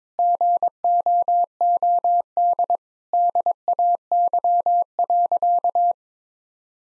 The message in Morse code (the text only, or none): GOOD DAY.